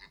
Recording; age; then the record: pig call; piglet (1 to 25 days)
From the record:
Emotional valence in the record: positive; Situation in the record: short reunion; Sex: female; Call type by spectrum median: low-frequency call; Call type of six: low-frequency tonal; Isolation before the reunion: 3 minutes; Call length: 0.10 s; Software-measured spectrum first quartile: 1549 Hz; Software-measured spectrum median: 2200 Hz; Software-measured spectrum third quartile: 4217 Hz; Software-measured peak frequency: 1997 Hz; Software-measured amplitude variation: 111 dB a second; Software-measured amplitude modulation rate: 4.8 a second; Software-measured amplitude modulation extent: 23.0 dB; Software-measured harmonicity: 2.7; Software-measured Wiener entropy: -1.82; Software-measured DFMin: 791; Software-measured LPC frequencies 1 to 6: 920, 1944, 3820, 4358, 4892, 6588 Hz